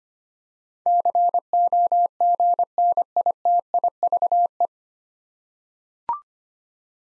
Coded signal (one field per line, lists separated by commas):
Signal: Morse code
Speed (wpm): 25 wpm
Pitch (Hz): 700 Hz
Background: none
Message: COGNITIVE